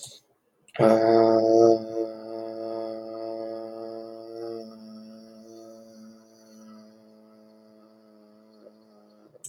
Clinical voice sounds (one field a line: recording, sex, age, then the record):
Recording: vowel held as long as possible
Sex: male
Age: 40 to 49 years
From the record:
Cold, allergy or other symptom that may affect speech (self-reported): no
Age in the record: 40 years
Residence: California, United States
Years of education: 16